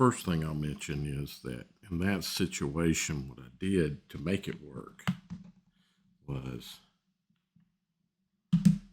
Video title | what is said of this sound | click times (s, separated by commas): Otterbox Riveter Case for Microsoft Surface Duo 2 Improving the Fingerprint Experience | little bit harder. I don't know if you heard that click, | 8.5 s, 8.7 s